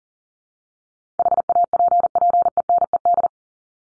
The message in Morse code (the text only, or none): HAPPENED